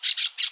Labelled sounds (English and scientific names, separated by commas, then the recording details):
Brown-throated Parakeet (Eupsittula pertinax) contact call
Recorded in Aruba
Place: hill w/tanki N of Savaneta
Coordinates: 12.461, -69.944